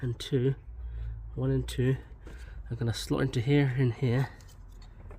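A plastic engine cover on a 2010 Peugeot 3008 is handled after an air filter change, with its two flexible plastic tabs lined up to go into their slots in the engine bay air box area. Someone talks throughout, with faint handling noise underneath. Nothing has seated or clicked yet.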